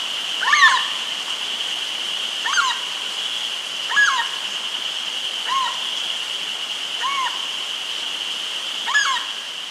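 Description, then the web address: Cacomistle giving short arched yelping calls, repeated roughly every one and a half to two seconds, over a steady high-pitched insect drone. Mammal of the South American rainforest. "Natures Songs S America Mammals of the Rainforest Cacomistle"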